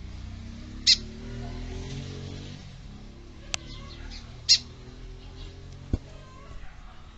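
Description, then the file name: Lined seedeater song: a few sharp high notes, with a steady low hum and some clicks. "canto do bigodinho"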